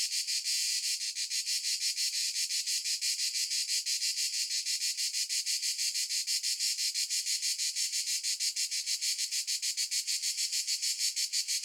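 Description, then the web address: Cicada giving a continuous shrill buzz, rapidly pulsed, unbroken from start to finish. A single cicada, recorded at noon in the countryside of Italy. "justsoundeffects - Crickets and Cicadas JSE Single Cicada Noon Countryside Italy"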